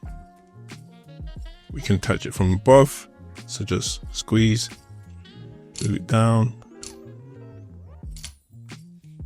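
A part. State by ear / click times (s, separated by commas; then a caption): seated / 8.2 s. A quick-release monitor mount is squeezed and pushed down onto its base on the left side of a camera gimbal while someone talks over background music. Clicks at 8.2 s and 8.2 s mark the mount locking securely into place.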